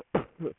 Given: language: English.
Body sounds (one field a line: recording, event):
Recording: throat vibration sensor signal played as sound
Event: cough